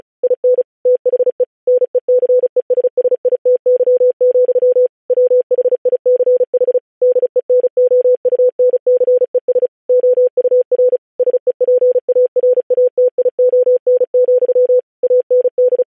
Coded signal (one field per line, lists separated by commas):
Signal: Morse code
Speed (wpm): 36 wpm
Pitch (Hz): 500 Hz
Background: none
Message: IN THE NECESSITY, WHICH DENOUNCES OUR SEPARATION, AND